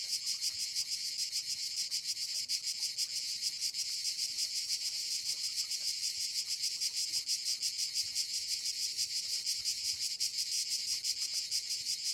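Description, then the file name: Many crickets chirp together in a continuous, piercing high trill of fast pulses. "Crickets Orchestra"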